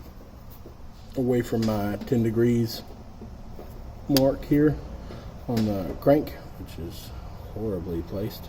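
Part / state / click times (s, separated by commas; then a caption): timing chain tensioner plunger in engine timing cover / not seated / none. Someone talks while handling the crank near its 10-degree mark, with the hook released on the timing chain tensioner plunger in the engine timing cover of a Toyota Corolla/Matrix 1.8L 2ZR-FE. Only speech and faint background noise are heard. Nothing has clicked or seated yet.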